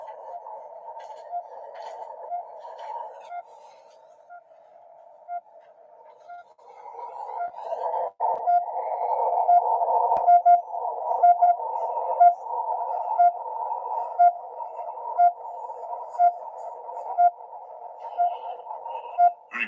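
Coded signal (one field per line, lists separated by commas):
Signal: radio time signal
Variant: RWM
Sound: short beeps about once per second over a hissy shortwave band, growing louder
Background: radio static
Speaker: good signal RWM time signal station out of Moscow, Russia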